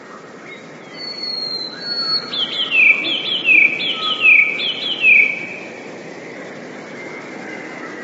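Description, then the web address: Eurasian blue tit singing a high thin note then four clear descending slurred notes in a brisk regular series, followed by quieter background hiss. "wroblowe teka 2 spiew 13. wroblowe teka modraszkoteka"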